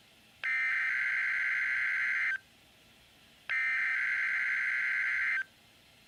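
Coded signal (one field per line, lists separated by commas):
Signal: Emergency Alert System (SAME) tones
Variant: header bursts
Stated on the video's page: Compilation of Required Weekly and Monthly EAS tests recorded from several broadcast stations.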